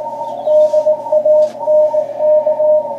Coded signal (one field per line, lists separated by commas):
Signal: Morse code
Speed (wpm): 18 wpm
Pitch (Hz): 630 Hz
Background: radio noise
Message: DANK